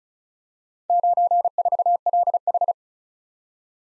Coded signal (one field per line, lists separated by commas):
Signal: Morse code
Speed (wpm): 36 wpm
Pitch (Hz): 700 Hz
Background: none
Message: 94LH